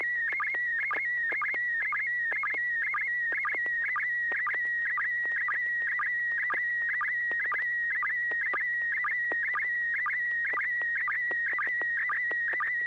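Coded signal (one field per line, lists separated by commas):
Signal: SSTV (slow-scan television)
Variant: PD120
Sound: steady high warbling tone interrupted by quick regular low blips, about two each second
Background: low hum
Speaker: two bpd-120 so so all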